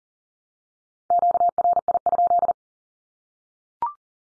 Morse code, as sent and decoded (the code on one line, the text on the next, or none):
--.- .-. .. ..--..
QRI?